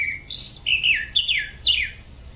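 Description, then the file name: Tropical mockingbird singing a quick string of varied phrases, rising and falling slurred whistles and chirps run together without pause. "sabia da praia"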